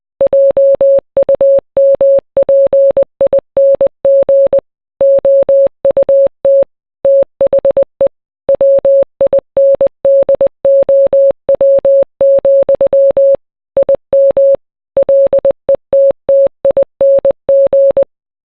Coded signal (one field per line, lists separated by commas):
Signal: Morse code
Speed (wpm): 20 wpm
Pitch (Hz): 550 Hz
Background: none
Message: JUMPING OUT THE WINDOW, IM LETTING